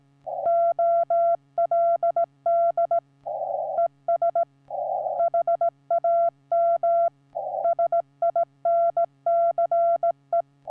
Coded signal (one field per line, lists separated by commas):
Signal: Morse code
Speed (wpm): 16 wpm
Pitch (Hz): 680 Hz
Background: none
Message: OLD ES HAM SINCE